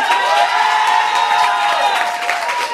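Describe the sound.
An audience cheers and applauds loudly and steadily to vote on who saw the horror film Annabelle, a dense wash of clapping, shouts and whoops with no pauses, while a single voice briefly speaks over the din.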